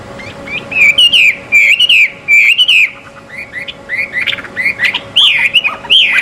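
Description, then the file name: Chinese hwamei delivering bursts of rich, slurred whistles and quick chattery notes in uneven groups, with a brief quieter stretch midway and a faint hum beneath. Recorded at a bird gathering. "audio gathering hwamei. omkicau"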